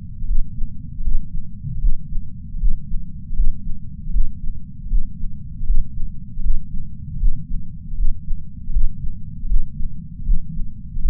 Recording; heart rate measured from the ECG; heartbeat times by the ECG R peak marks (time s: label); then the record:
heart sounds by patch sensor on the chest; 78 bpm
0.23 s: heartbeat
1.00 s: heartbeat
1.77 s: heartbeat
2.56 s: heartbeat
3.32 s: heartbeat
4.08 s: heartbeat
4.85 s: heartbeat
5.62 s: heartbeat
6.39 s: heartbeat
7.16 s: heartbeat
7.92 s: heartbeat
8.69 s: heartbeat
9.44 s: heartbeat
10.21 s: heartbeat
10.97 s: heartbeat
From the record:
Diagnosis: coronary artery disease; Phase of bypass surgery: intraoperative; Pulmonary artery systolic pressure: 21 mmHg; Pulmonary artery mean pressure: 15 mmHg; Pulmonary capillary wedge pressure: 10 mmHg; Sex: male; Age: 65 years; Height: 170 cm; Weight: 65 kg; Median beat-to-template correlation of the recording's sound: 0.94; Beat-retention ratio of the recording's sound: 0.99